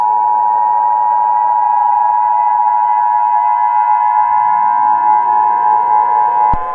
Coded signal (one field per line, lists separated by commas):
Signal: Emergency Alert System (SAME) tones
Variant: 853 and 960 Hz attention tone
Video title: EAS Mini Scenario Rigel